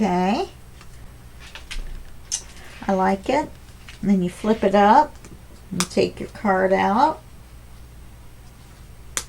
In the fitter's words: I like it. I like that little click.